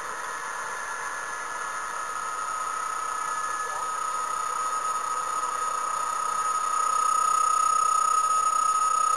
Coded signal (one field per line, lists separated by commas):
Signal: PSK31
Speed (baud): 31.25 baud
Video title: kc6l qso with n7lmv